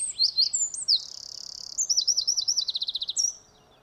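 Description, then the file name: Eurasian wren song: quick high chirps, a long buzzy trill, then a run of clear, evenly spaced repeated notes before it stops abruptly. "Troglodytes troglodytes"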